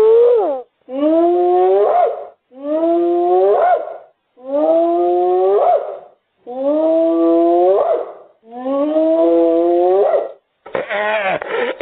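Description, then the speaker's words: Hyena whoops: a series of harmonic calls about every two seconds, each holding level and then sweeping up at the end, followed by a rough noisy burst. Played recording, used as a reference example of a true hyena. "Here's what a hyena sounds like."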